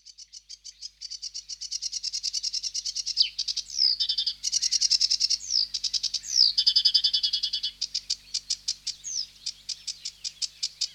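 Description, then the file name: Sedge warbler singing a long, varied chatter of rattling trills, grating buzzes and sliding whistles, pouring out notes several times per second. "Sedge Warbler (Acrocephalus schoenobaenus)"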